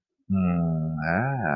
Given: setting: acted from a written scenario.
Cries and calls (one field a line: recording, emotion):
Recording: vocal sound without words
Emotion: romantic love